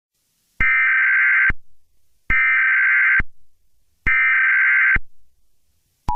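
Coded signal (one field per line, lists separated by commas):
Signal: Emergency Alert System (SAME) tones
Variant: header bursts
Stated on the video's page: A fictional EAS scenario, not a real alert.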